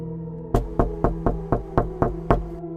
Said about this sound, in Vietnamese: Bảo Lâm gõ cửa, vài ba tiếng lóc cốc vang lên, nhưng bên trong không có hồi âm.